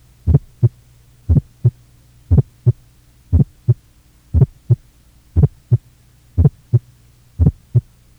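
Regular heartbeat at about 59 beats a minute in an adult. Each first sound is thick and slightly doubled, its later part click-like, with a crisp second sound after it, over a faint steady hum. This is an aortic ejection sound, hardly affected by breathing or body position, and present in almost all cases of congenital aortic stenosis.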